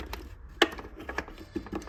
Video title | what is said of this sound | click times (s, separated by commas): New LED Mirror Lights From LED Factory Mart- Upgrade Your Jeep Lighting DIY | push it down going to hear a click | 0.6 s